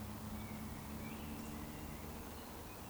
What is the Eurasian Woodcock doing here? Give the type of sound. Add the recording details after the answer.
whistle. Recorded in Baden-Württemberg, Germany, on 23 June 2020 at 19:56 UTC. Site 14569, 102 m above sea level